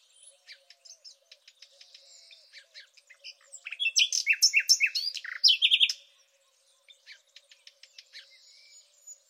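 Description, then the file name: Thrush nightingale song: soft scattered twittering, then a loud two-second burst of harsh repeated notes, a brief silence, then quiet chips and a thin twitter. "rossignol philomele"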